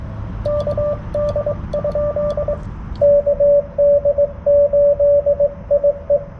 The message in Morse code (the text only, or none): KD? KD8IE